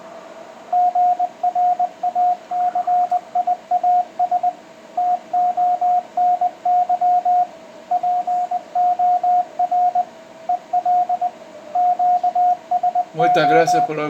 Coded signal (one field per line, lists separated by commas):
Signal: Morse code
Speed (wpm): 20 wpm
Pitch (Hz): 720 Hz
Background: speech, radio noise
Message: GRACIAS TONY POR EL QSO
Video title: CX8ABF QSO ON 10M CW